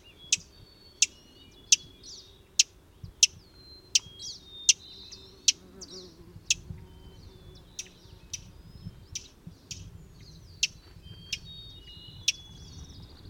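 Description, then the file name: Fox sparrow giving many sharp, loud chip notes at short, slightly irregular intervals, with softer high twittering between them. "Fox Sparrow - Passerella iliaca"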